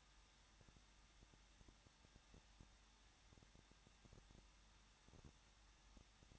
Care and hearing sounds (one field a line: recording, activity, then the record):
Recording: daily activity, microphone in the room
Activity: no activity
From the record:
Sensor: 3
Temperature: 21.2 degrees Celsius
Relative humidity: 36.2%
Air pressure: 1006.4 hPa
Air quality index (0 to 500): 221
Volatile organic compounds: 39 ppm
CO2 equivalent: 3139 ppm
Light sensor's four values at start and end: 2/3/2/2 and 2/3/2/2